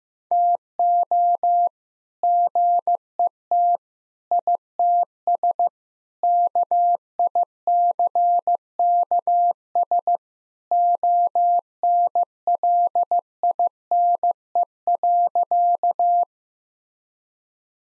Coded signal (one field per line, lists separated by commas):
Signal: Morse code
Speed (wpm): 16 wpm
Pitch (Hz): 700 Hz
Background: none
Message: TO GET ITS KICKS ONLINE.